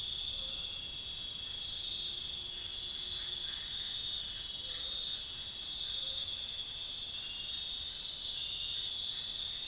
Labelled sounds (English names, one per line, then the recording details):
none
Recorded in pastures near Puerto Asís, Putumayo, Colombia, on 22 June 2025 at 22:30
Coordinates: 0.466, -76.322
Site GP07